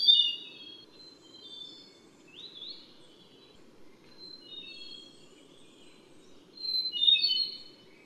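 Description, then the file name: White-tailed robin calling: thin, high whistled notes, some sliding upward, in short bursts at the start, middle and end, over a steady low hum. "白尾鴝"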